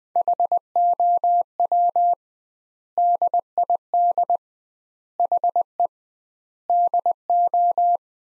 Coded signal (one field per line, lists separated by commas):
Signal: Morse code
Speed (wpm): 20 wpm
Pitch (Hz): 700 Hz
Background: none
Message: HOW DID HE DO